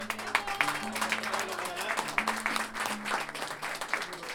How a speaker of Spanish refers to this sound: Démosle el aplauso para nuestro amigo.